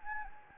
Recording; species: mosquito wingbeat signal from an infrared sensor; Anopheles gambiae